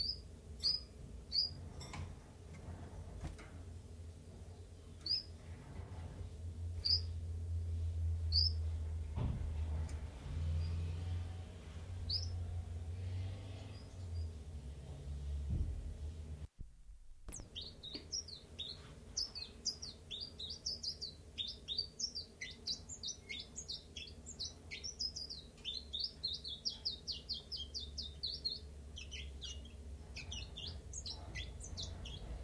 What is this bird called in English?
Common Chiffchaff